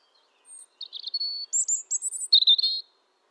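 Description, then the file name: European robin phrase: a sequence of clear, high warbled notes and trills, including a sustained whistled note, rising twitters and a lower rippling end. "Erithacus rubecula"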